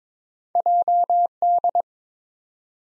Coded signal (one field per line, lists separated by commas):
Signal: Morse code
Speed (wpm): 22 wpm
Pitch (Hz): 700 Hz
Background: none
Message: JD